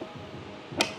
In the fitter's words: You hear that click? Okay, it's snapped into place.